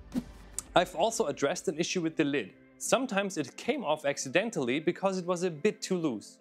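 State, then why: Seated. A plastic SMD tape magazine is pushed onto its mounting rail, and its stiffer lever arm locks in with a single sharp click at 0.6 s. Then someone talks over background music. The magazine arm is seated on the rail.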